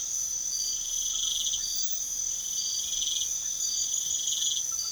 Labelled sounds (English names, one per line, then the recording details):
none
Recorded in pastures near Puerto Asís, Putumayo, Colombia, on 4 March 2025 at 02:30
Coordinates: 0.497, -76.327
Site G072